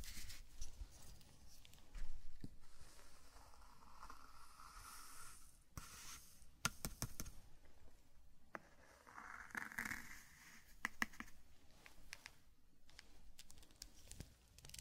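Sand being brushed and crinkled in a small zen garden, a soft continuous hiss that swells and fades in sweeps. Sharp light taps and clicks cut through, clustered around the middle and scattered toward the end, with a brighter rasping patch near ten seconds.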